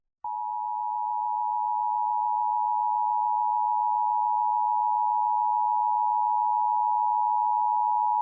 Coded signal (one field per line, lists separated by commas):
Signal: Emergency Alert System (SAME) tones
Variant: 853 and 960 Hz attention tone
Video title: A Short Testing Thursday (EAS #23274-23283) 11/7/24